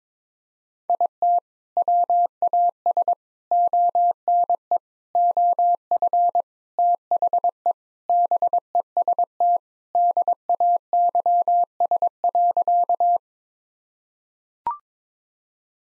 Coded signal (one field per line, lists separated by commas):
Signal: Morse code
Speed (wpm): 22 wpm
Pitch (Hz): 700 Hz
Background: none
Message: IT WAS ONE OF THE BEST DAYS.